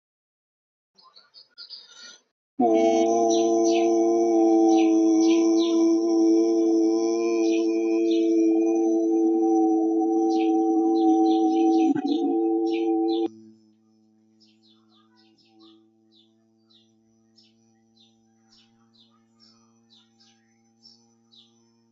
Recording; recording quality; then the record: sustained vowel as in boot; excellent, no background noise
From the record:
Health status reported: healthy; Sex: male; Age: 28 years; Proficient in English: yes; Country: India